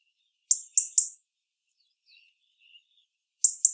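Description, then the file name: European robin giving sharp, high ticking calls in quick runs of two or three, with faint soft twitters between them. "Erithacus rubecula"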